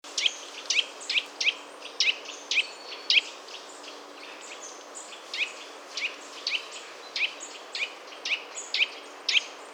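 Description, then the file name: Eurasian nuthatch calling: sharp, high, clipped notes repeated about twice a second, some fainter, amid a light steady hiss. "Sitta europaea"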